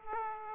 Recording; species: mosquito wingbeat signal from an infrared sensor; Aedes aegypti